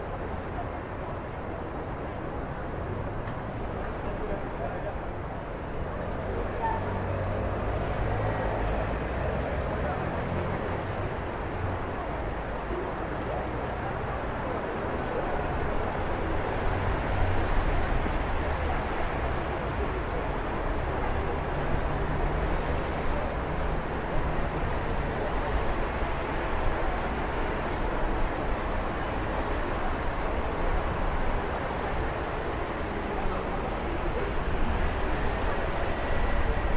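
A city at night, heard as a continuous wash of ambient noise, dense and steady with a low rumble underneath. The level creeps up slightly after about fifteen seconds, and faint murmurs, possibly voices or passing vehicles, blend into the hum without clear separate events.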